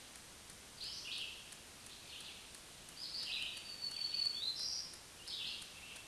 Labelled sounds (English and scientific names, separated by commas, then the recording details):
Black-throated Green Warbler (Setophaga virens) song
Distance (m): 10 m
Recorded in a Pennsylvania forest on 1 June 2023 at 07:50
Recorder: AudioMoth, point grid3_23_low
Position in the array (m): 175 m, 222 m